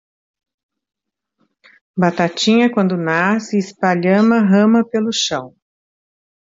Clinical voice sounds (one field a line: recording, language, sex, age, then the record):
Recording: short text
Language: Brazilian Portuguese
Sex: female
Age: 60 to 69 years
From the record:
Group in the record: control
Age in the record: 67 years